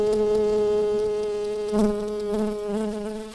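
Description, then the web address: Shrill carder bee buzzing, a steady droning hum with rich harmonics, wavering slightly in pitch and loudness throughout. Queens. "bumblebees Sylvarum-queens"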